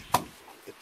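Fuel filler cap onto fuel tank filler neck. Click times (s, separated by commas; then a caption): 0.1 s. A plastic gasoline filler cap is screwed onto a Nissan fuel tank filler neck until its ratchet clicks sharply at 0.2 s, followed by a faint softer sound near 0.7 s. The click means the cap is seated and sealed, preventing an EVAP gasoline vapor leak (code P1456).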